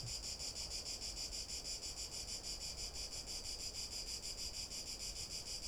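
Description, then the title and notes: Cicada singing a continuous rasping buzz broken into regular quick pulses, the rhythm clear and unchanging over quiet low background noise. Recorded in the afternoon from boardwalks around the lake at the Albufera de Valencia, Spain; sea and lake nearby; Zoom H1n recorder. "Valencia, España - Paseo por la Albufera. Una tarde de paseo por la Albufera de Valencia, una joya de la Comunidad Valenciana. Paseamos alrededor del lago, en este caso por unas pasarelas en donde nos paramos para grabar a una Chicharra [Cicadidae]"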